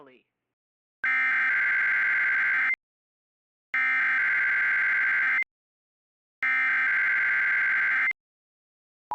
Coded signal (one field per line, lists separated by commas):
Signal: Emergency Alert System (SAME) tones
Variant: header bursts